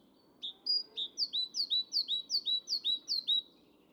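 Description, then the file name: Great tit song: a few introductory notes, then a steady run of several high two-note phrases, each a sharp note dropping into a lower one. "Parus major"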